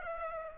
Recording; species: mosquito wingbeat signal from an infrared sensor; Aedes aegypti